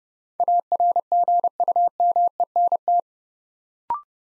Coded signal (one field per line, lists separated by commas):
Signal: Morse code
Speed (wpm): 30 wpm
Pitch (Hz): 700 Hz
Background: none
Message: ARGUMENT